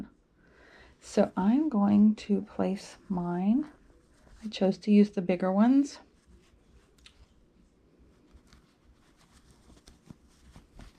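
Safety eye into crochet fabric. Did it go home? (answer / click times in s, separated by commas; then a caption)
no / none. Someone talks while placing large plastic safety eyes through the crochet fabric of an emoji keychain, lining them up before the backings are pushed on. After the talking stops, only faint handling ticks and rustles are heard. Nothing has snapped or seated yet.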